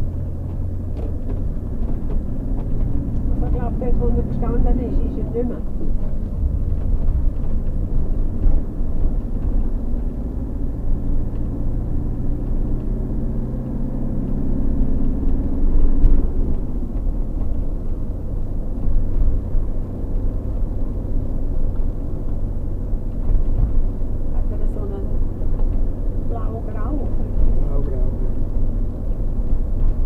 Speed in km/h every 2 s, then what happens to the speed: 16, 22, 24, 24, 27, 31, 35, 37, 37, 37, 37, 37, 37, 37, 37.
0-3 speeds up to 24. 7-13 speeds up to 37. 13-30 steady at about 37.